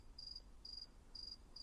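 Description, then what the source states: Cricket chirping: short, high, pure buzzing pulses repeated about every half second over a soft low hum. Chirping in the background.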